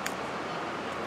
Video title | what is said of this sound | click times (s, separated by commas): Replace Rear Brakes 2010 Nissan Murano | we're going to push it down until it snaps in where it belongs | 0.1 s